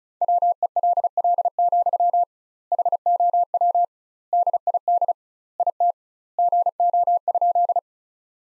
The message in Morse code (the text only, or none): WELL, HOW DID IT GO?